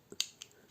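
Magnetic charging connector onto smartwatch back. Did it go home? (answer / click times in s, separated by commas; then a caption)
yes / 0.2 s. A magnetic charging connector is placed a second time onto the rear magnetic connectors of a UHOOFIT P41 smart watch. A soft low tap at 0.1 s is followed by a sharp, bright snap at 0.2 s as the charger clips on and seats, then a fainter tick at 0.4 s.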